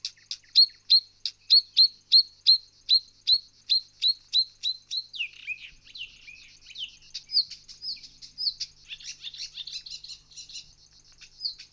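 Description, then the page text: Songbird song: a steady run of sharp high chirps, about three per second, breaking into a jumbled, rapid twittering. Australia. "Спокойствия звуки садов - 11. Певчие птицы Австралии"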